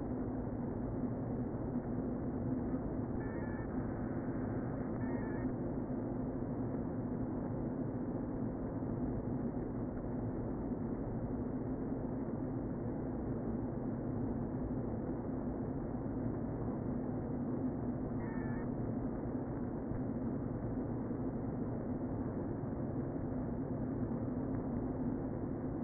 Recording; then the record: honeybee colony, microphone inside the hive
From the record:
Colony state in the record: queen present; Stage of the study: before two queens were removed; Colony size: about 60,000 bees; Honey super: yes